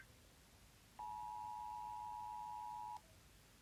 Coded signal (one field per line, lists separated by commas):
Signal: Emergency Alert System (SAME) tones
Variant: 853 and 960 Hz attention tone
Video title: American Eas Alarm